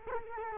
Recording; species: mosquito wingbeat signal from an infrared sensor; Culex quinquefasciatus